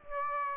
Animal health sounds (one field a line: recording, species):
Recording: mosquito wingbeat signal from an infrared sensor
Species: Aedes aegypti